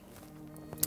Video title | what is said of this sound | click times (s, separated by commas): How To Use Teleprompters Like A Pro In Just 12 Minutes | it so it's locked into place | 0.8 s